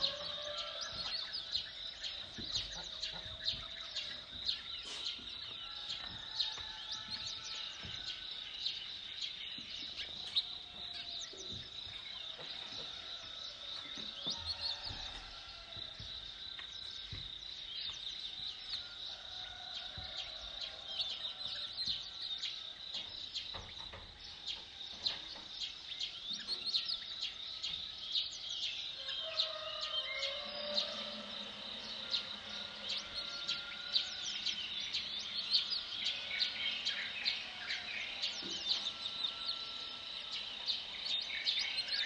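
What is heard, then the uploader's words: Birds chirp and sing steadily over a constant high insect buzz, with scattered clicks and clatter of kitchen activity, shifting after thirty seconds. I recorded this at 5 a.m. The sounds of birds and insects and human started activity in the the kitchen.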